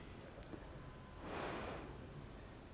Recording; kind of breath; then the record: one breath in and out by a microphone near the nose and mouth; normal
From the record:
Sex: female